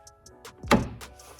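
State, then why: Seated. An exterior door handle on a Mustang GT is pushed in by hand into the door retainer, with the silver retainer piece turned back so its teeth face outward. After a few faint ticks, a sharp click at 0.7 s marks the handle snapping into the retainer teeth. The handle is seated, and this is confirmed.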